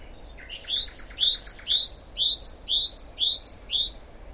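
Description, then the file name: Common nightingale song: a series of loud upslurred whistled notes repeated about twice a second after a quick rattling start. "Luscinia megarhynchos"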